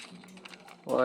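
A plastic lens part is clipped into the body of a combined Maketoys Visualizers (Reflector) toy figure while someone talks. A short, sharp plastic click is heard at 0.5 s, with softer handling ticks around it. The lens seats and clips into place.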